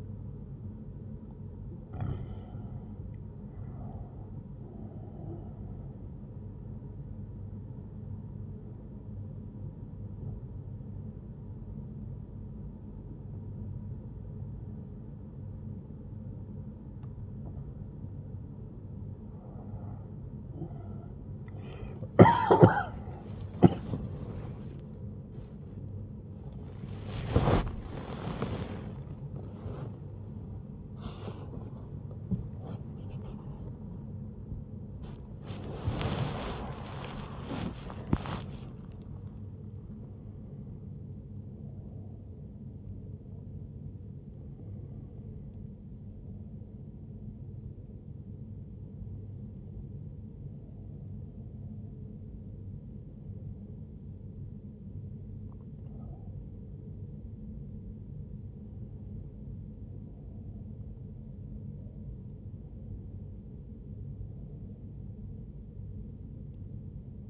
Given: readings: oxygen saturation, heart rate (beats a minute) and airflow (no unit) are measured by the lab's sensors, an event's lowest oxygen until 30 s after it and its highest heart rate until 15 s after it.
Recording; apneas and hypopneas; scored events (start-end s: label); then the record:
breathing in sleep by a smartphone at the bedside; 1
12.00-26.30 s: hypopnea (N1, oxygen 96% highest, then 95% lowest, heart rate 72 at the start, 74 highest)
21.00-51.00 s: new sleep stage, awake
22.00-54.00 s: awake
51.00-67.30 s: new sleep stage, N1 (lightest sleep)
From the record:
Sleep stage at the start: N1 (lightest sleep); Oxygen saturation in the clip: 94 to 97%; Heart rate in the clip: 69 to 79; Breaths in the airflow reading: 13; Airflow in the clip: -5.9 to 8.6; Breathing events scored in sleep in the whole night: 131 in 7.2 hours asleep